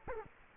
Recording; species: mosquito wingbeat signal from an infrared sensor; Culex quinquefasciatus